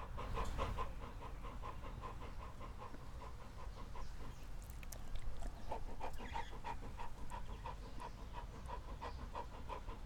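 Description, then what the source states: Dog panting and sniffing: fast, even rhythm of airy huffs that pauses briefly midway, then resumes at the same quick pace. Dog gasping, sniffing and licking.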